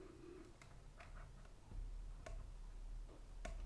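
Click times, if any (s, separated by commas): none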